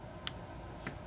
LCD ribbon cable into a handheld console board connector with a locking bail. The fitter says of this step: sure it's in square. Use 2 fingers. Snap